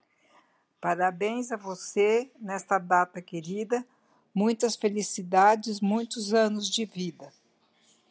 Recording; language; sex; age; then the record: short text; Brazilian Portuguese; female; 70 to 79 years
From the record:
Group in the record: control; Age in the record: 74 years